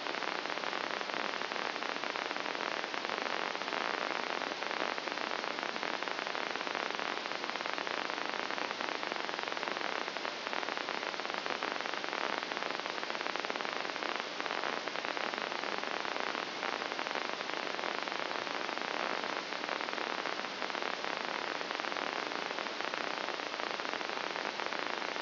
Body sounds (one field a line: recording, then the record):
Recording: brain microelectrode recording played as sound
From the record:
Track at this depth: inside the subthalamic nucleus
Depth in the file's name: 1.825 mm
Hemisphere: left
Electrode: 2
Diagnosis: Parkinson's disease